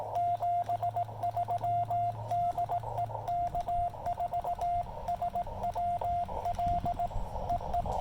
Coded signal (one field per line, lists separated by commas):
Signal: Morse code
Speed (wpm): 18 wpm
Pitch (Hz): 700 Hz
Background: radio noise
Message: 73 DE K4SWL EE